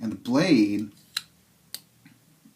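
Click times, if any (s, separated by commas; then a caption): none. Someone talks, then presses the push button that releases the blade lock on a Smith & Wesson 1600BT automatic folding knife, giving two short, sharp ticks at about 1.2 s and 1.7 s. The button sticks and the blade does not fire; nothing has clicked into place yet.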